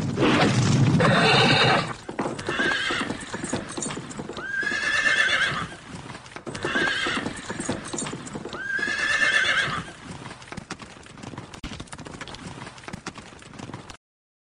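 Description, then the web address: Horse hoofbeats clatter throughout, broken by several loud harmonic snorting or whinnying bursts in the first ten seconds. Horse being ridden. "monter a cheval"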